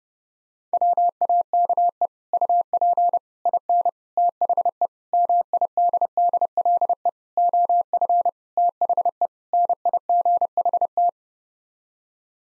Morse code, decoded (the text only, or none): WAKE UP IN THE MIDDLE OF THE NIGHT